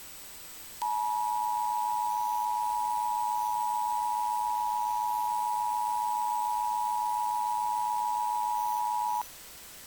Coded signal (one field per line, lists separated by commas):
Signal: Emergency Alert System (SAME) tones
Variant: 853 and 960 Hz attention tone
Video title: Missing Endangered Person Alert (EAS Issued By Me)